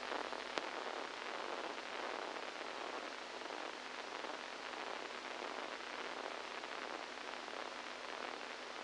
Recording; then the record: brain microelectrode recording played as sound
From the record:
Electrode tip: inside the subthalamic nucleus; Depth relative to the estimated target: -4 mm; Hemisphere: right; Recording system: NeuroSet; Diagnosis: Parkinson's disease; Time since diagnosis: 7 years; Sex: male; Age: 69 years